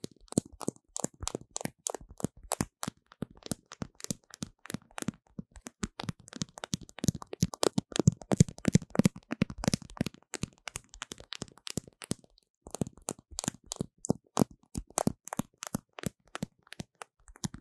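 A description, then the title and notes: Paper tape is handled against a microphone, making a dense run of sharp crackles and crunchy ticks. The clicks come fast and irregular, heaviest around the middle, with a brief lull near twelve seconds before the crinkling picks up again. 用紙膠帶裝飾雪怪MIC| Paper tape decorating the sound of the MIC | NoTalking.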